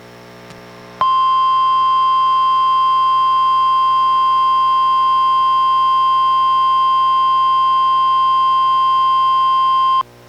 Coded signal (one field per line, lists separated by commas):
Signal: Emergency Alert System (SAME) tones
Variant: 1050 Hz attention tone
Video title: EAS #933: NWR Required Weekly Test- May 22, 2024- 11:06AM PDT